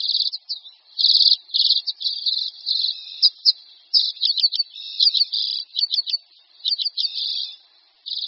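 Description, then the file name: Common redpoll giving dry, buzzy chattering calls: rapid stuttering notes with short buzzy trills, repeated with only brief pauses through the stretch, with no other sounds heard. "Čečetka-zimní"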